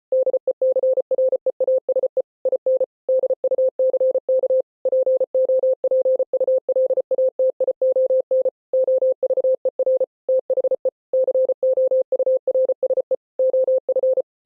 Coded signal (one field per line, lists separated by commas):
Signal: Morse code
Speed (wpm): 33 wpm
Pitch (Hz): 520 Hz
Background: none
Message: DECREASE IN DUCK POPULATION OVER THE COURSE OF